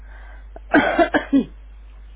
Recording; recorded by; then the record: voluntary cough; telephone call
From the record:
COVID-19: positive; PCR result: checked with the laboratory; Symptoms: yes